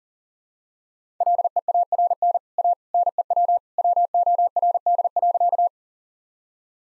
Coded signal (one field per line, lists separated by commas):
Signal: Morse code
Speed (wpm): 40 wpm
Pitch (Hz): 700 Hz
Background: none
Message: LEARN A NEW WORD.